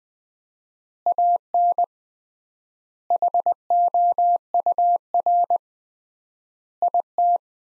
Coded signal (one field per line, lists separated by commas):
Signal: Morse code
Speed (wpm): 21 wpm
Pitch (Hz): 700 Hz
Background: none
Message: AN HOUR IT